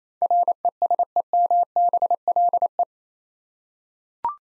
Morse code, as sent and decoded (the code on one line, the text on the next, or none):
.-. . ... . -- -... .-.. .
RESEMBLE